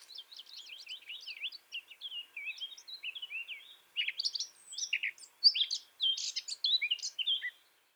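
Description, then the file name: Eurasian blackcap song: soft, chattering warble that grows into louder, fuller fluty phrases in the second half before stopping. "Sylvia atricapilla"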